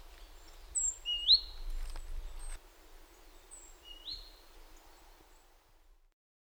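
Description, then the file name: Great tit sounding two high notes with rising whistled elements, fairly quiet, over a soft hiss and a low rumble through the first few seconds. "Parus major"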